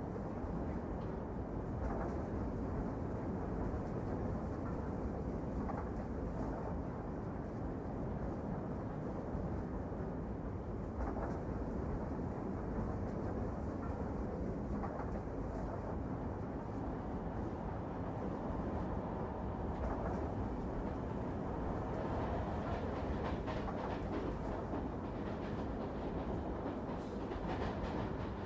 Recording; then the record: background sound without coughing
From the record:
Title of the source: Train Ride Ambience ambient white noise for sleeping, focus, studying, reading